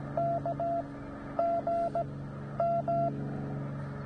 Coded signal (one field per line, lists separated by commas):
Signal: Morse code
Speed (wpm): 15 wpm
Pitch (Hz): 690 Hz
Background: radio noise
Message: K GM